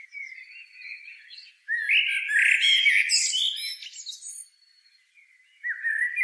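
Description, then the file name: Common blackbird giving scratchy, squawking calls with thin high whistles, a dense burst of harsh chattering notes in the middle, then a quieter pause before the calls resume. "Turdus merula"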